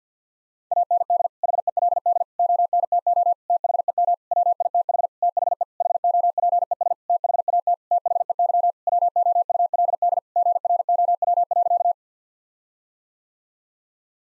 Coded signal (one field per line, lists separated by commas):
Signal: Morse code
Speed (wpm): 50 wpm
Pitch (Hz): 700 Hz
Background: none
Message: AND HELD ONTO THEM WITH THE HOPES THAT THEY WOULD GROW.